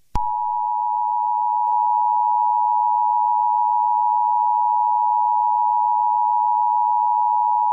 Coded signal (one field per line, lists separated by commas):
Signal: Emergency Alert System (SAME) tones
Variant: 853 and 960 Hz attention tone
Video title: EAS Scenario #40 Horror X